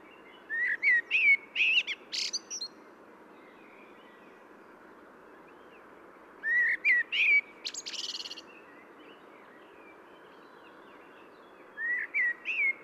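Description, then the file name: Common blackbird singing three separate phrases about five seconds apart, each of rich warbled whistles, the first two ending in a thin, scratchy high flourish, with a constant soft background hiss. "Turdus merula"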